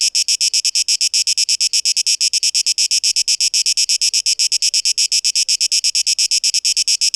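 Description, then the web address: Cicada song with a fast, regular pulsing rasp at high pitch, no other sounds standing out. 12 August 2023. "rauschpartikel Audio 2023-08-12 Zikaden"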